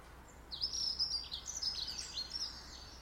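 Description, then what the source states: Bird song, a rapid high twittering phrase of chirps and trills lasting about two seconds, over low background hiss. In a garden.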